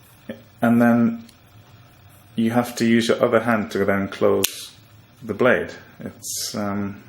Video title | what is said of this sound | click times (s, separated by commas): Lionsteel Daghetta | your thumb and forefinger to close that you can hear the click there | 0.3 s